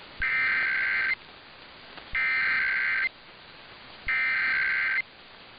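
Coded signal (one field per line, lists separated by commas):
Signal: Emergency Alert System (SAME) tones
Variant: header bursts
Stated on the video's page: Required monthly tests from Kentucky and Pennsylvania.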